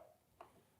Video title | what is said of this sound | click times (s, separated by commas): SUPER Bright Headlights For My 2022 Road Glide From @LOYOOFFICIAL - FULL INSTALL | and once you get a snap it will come up it will expose the bolt that you need to take off on both sides | 0.4 s